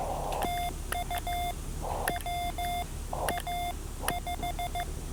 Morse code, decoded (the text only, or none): TU WA5